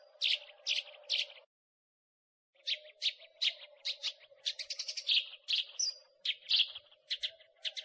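Eurasian tree sparrow chirps, short bright notes in quick bursts, a brief silent gap, then a denser run of chirping with a steady low hum beneath.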